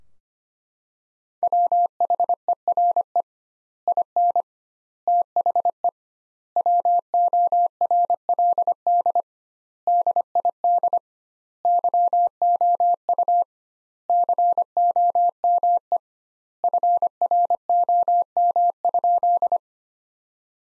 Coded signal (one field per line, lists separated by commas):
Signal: Morse code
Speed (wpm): 25 wpm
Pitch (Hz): 700 Hz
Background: none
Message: WHERE IN THE WORLD DID YOU COME FROM?